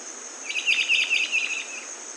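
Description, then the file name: Rondonia bushbird calling with a short, rapid burst of harsh chattering notes that trails off, over steady buzzing insects. "Rondônia-bushbird"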